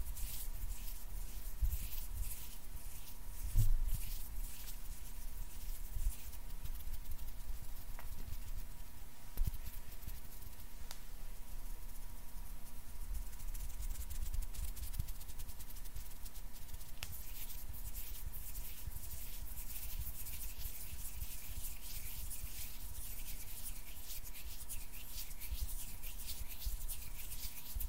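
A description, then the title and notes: Hands rub and brush against each other in a steady, dense rhythm of quick strokes, each stroke a bright, hissing swish. A few sharper knocks stand out near 4 and 9 seconds. A faint low hum and a thin steady tone sit underneath throughout. ASMR HAND SOUNDS NO TALKING, INTENSE HAND SOUNDS, ASMR HAND MOVEMENTS.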